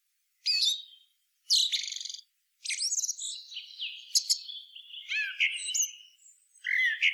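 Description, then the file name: Common blackbird with scratchy high chatters at first, then a longer run of squeaky, twittering notes and thin whistles mixed together. "Turdus merula"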